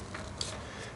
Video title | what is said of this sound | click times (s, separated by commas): Incredible 1oz $4 99 Ozark Trail LED Mini Headlamp Model 20126 | make this job a little easier just locks in place | 0.4 s